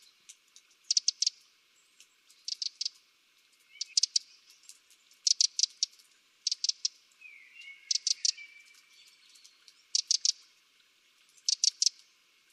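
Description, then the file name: Eurasian wren ticking: hard, clicking call notes in quick groups of a few, given about every one and a half seconds, with a soft twittering note midway. "Troglodytes troglodytes"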